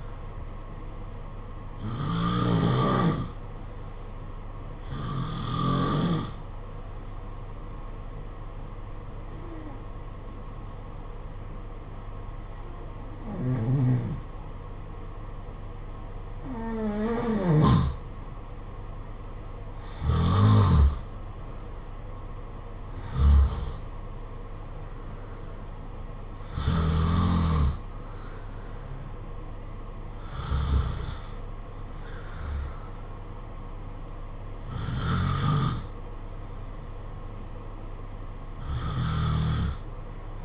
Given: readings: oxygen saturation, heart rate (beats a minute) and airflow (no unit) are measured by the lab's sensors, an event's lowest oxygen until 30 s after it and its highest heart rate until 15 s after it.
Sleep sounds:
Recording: breathing in sleep by a smartphone at the bedside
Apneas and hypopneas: 1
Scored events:
7.00-20.50 s: hypopnea (N2, oxygen 93% highest, then 89% lowest, heart rate 55 at the start, 61 highest)
From the record:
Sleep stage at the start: N2 (light sleep)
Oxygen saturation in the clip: 90 to 93%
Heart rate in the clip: 53 to 61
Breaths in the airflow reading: 11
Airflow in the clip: -6.4 to 6.9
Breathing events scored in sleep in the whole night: 476 in 9.7 hours asleep

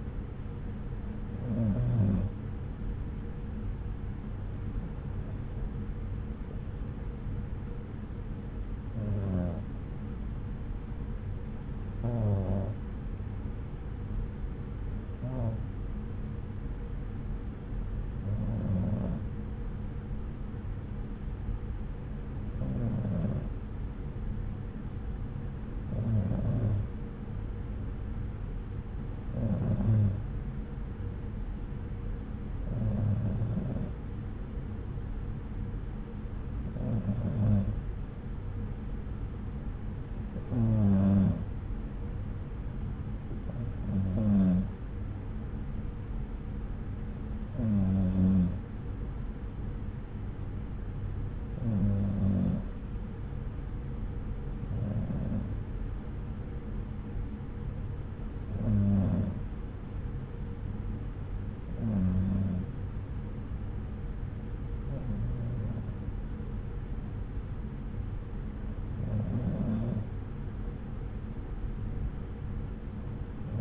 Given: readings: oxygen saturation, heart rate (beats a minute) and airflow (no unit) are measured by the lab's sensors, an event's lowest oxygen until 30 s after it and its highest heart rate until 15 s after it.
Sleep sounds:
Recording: breathing in sleep by a smartphone at the bedside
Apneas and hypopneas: none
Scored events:
none scored
From the record:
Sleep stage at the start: N2 (light sleep)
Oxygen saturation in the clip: 92 to 94%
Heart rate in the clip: 63 to 70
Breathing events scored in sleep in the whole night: 303 in 8.1 hours asleep

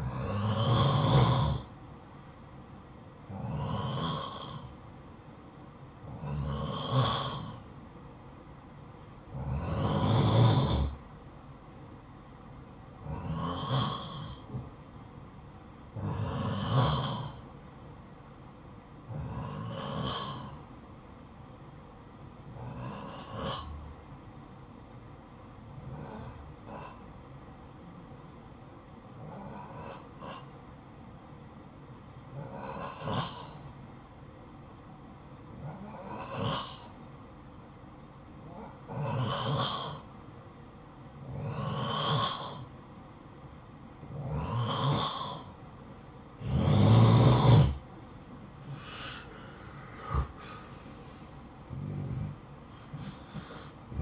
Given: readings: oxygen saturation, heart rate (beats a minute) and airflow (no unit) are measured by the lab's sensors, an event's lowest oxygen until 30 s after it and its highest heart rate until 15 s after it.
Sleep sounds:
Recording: breathing in sleep by a smartphone at the bedside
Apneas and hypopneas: 1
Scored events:
22.00-46.80 s: hypopnea (N2, oxygen 92% highest, then 90% lowest, heart rate 56 at the start, 67 highest)
38.00-54.02 s: new sleep stage, N1 (lightest sleep)
From the record:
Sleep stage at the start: N2 (light sleep)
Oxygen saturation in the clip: 91 to 93%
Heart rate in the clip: 53 to 67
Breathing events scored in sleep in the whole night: 573 in 9.8 hours asleep

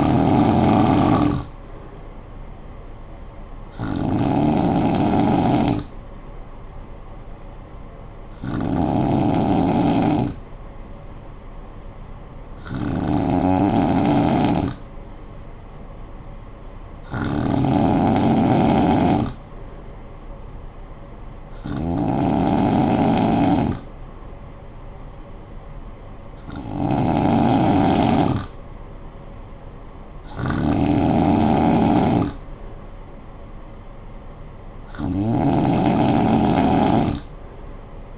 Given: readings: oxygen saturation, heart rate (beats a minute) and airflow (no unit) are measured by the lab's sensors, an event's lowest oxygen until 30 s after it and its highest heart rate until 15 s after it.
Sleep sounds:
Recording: breathing in sleep by a smartphone at the bedside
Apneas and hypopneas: 1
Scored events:
6.00-21.60 s: hypopnea (N2, oxygen 95% highest, then 92% lowest, heart rate 53 at the start, 56 highest)
From the record:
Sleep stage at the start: N2 (light sleep)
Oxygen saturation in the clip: 92 to 95%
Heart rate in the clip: 52 to 60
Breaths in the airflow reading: 9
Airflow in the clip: -9.8 to 5.0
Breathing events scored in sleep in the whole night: 445 in 7.6 hours asleep

